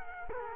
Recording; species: mosquito wingbeat signal from an infrared sensor; Culex quinquefasciatus